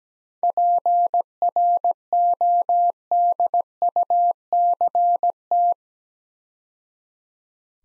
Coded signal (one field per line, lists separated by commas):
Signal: Morse code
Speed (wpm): 17 wpm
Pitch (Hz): 700 Hz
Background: none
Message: PRODUCT